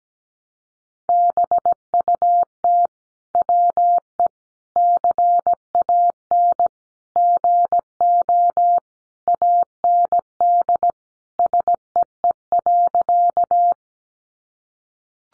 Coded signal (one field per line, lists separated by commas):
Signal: Morse code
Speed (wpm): 17 wpm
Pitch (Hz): 700 Hz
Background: none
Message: BUT WE CAN GO AND SEE.